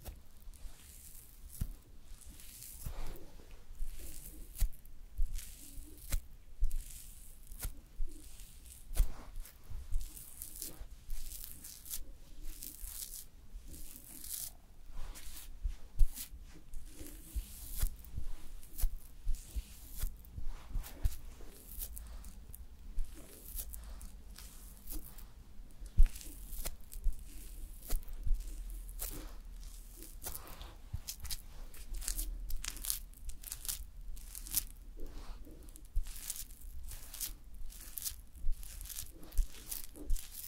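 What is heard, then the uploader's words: Makeup and hair styling sounds: frequent sharp crinkling and brushing strokes, irregular and dense throughout, over a low steady rumble. ASMR Doing Your Makeup and Hair Styling for Party(No Talking).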